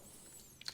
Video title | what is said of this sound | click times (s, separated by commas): The world's first hybrid bike taillight radar? Magicshine Seemee 100AD Taillight 100 Lumen Review | and then simply goes over the hook and then locks in place so very simple | 0.6 s, 0.7 s